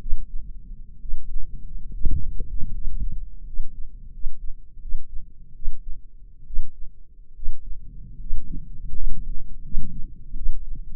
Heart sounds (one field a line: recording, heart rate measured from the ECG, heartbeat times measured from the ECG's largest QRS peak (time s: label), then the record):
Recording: heart sounds by microphone in the left ear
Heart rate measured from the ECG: 75 bpm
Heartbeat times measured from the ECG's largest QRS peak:
0.01 s: heartbeat
1.01 s: heartbeat
1.93 s: heartbeat
2.73 s: heartbeat
3.45 s: heartbeat
4.12 s: heartbeat
4.81 s: heartbeat
5.54 s: heartbeat
6.46 s: heartbeat
7.35 s: heartbeat
8.19 s: heartbeat
8.92 s: heartbeat
9.63 s: heartbeat
10.35 s: heartbeat
From the record:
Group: healthy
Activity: rest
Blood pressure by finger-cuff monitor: 165/103 mmHg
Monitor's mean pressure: 122 mmHg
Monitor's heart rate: 74 bpm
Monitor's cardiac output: 7 L/min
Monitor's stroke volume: 88 mL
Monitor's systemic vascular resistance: 1200 dyn s/cm5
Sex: male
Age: 23 years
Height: 179 cm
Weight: 87 kg